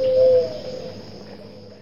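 West Peruvian dove, a single low, steady coo lasting about half a second, then fading, over faint background hiss.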